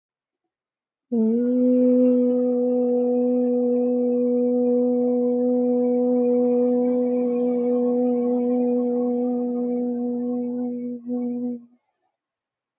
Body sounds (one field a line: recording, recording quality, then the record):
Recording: sustained vowel as in made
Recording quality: excellent, no background noise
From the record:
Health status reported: healthy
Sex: female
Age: 32 years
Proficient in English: yes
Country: India